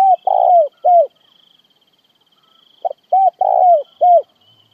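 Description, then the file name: Spotted dove giving two soft coo phrases with a pause between, the second a brief note and three coos, a thin high insect trill running behind. Calling to gather the flock. "Tieng cu gay goi bay"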